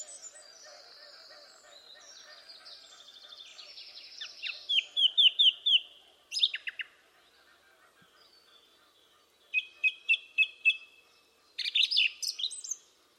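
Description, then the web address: Bird calls: down-slurred notes, bursts of chirps and evenly repeated notes, with lower twittering early on. "cianscape birddata 2025. Bird Only"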